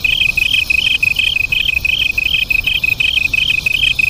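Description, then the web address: Japanese tree cricket singing, high trilled pulses on two close pitches repeated about three times a second, steady and even, with faint low background hiss. Duet. "sikioto insect kantanduet"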